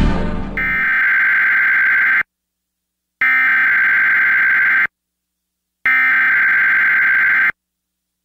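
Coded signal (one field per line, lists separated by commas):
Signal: Emergency Alert System (SAME) tones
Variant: header bursts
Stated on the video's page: Emergency Alert System weekly and monthly test alerts.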